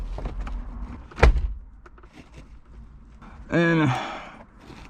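A plastic retaining clip on the convertible top trim piece of an E36 convertible, being converted from an electric to a manual top, is given a firm press into the convertible top frame. After a few faint taps, a sharp thunk at 1.2 s marks the clip seating, and a short harmonic tonal sound follows around 3.5–3.9 s while someone talks.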